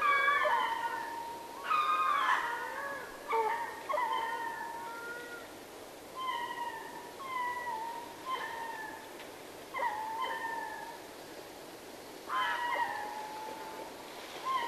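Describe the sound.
Ring-tailed lemur meowing calls: short harmonic mews, some rising then falling, given in scattered bursts about every one to two seconds.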